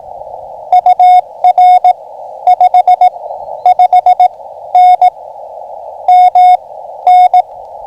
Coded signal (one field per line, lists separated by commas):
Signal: Morse code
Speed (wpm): 21 wpm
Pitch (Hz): 690 Hz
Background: radio noise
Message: UR 55N MN